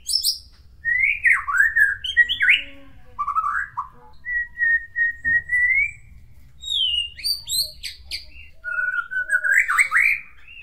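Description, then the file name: White-rumped shama song of varied whistled phrases, slurred downward notes, a long steady whistle, then rising sweeps and high sharp notes, separated by short pauses. Nias. "audio murai batu nias"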